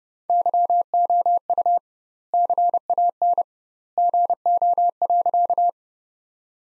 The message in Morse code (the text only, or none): YOU CAN GO.